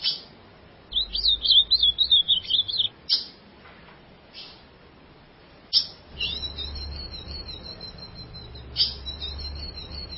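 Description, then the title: Ultramarine grosbeak singing a fast, warbling phrase of high zigzag notes, then a few short high notes and a fainter second warbled phrase. "Azulao"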